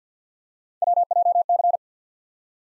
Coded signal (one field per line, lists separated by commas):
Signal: Morse code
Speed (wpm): 47 wpm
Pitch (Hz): 700 Hz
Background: none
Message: WJC